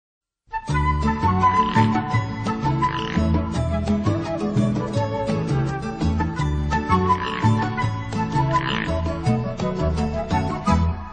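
A lively Spanish-language song about toads plays steadily and loudly, its rhythmic instrumental backing threaded with repeated croaking frog sounds throughout.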